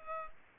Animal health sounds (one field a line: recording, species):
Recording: mosquito wingbeat signal from an infrared sensor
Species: Culex pipiens